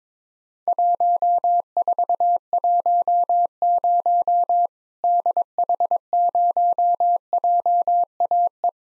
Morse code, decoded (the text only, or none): 1410 DH0JAE